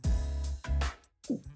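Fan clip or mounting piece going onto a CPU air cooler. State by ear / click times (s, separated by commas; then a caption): not seated / none. A fan clip or mounting piece is pushed toward its seat on a new Phantom Spirit 120 EVO tower CPU air cooler, which is replacing an NH-L9 in a tight case. Several knocks and handling noises are heard over background music. Nothing has seated or clicked yet.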